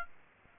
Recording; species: mosquito wingbeat signal from an infrared sensor; Aedes aegypti